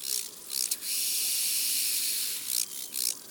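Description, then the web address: Large banded grasshopper song: a few short rasps, then a long sustained high hissing buzz, followed by more separate rasping bursts. Recorded in the mountains. "Le criquet bariole Bestiaire. un jour dans la montagne"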